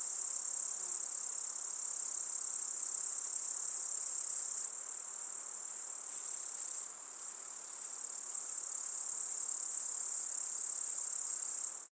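Grasshopper stridulation: a continuous, very high, hissing buzz held steady throughout, dipping briefly midway before resuming.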